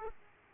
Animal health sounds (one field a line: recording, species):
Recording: mosquito wingbeat signal from an infrared sensor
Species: Aedes aegypti